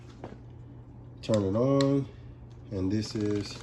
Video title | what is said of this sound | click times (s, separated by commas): Vevor Steam Mop 8-in-1 w/Handheld Option- FULL Review | you'll hear it snap | 0.2 s